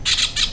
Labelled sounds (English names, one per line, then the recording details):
Brown-throated Parakeet contact call
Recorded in Venezuela
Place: Cerro Saroche, Hato Dalmatela, Edo. Lara
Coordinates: 10.149, -69.534